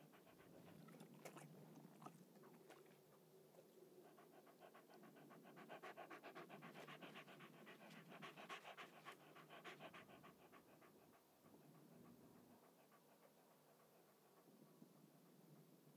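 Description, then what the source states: Dog panting, quick rhythmic breathy huffs, pausing briefly and resuming, with softer breaths toward the end. A small dog panting.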